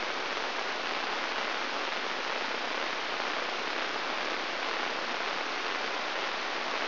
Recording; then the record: brain microelectrode recording played as sound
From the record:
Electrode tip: inside the subthalamic nucleus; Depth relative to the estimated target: 0 mm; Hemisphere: right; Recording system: AlphaMap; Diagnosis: Parkinson's disease